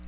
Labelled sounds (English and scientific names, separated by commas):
Black-throated Blue Warbler (Setophaga caerulescens) flight call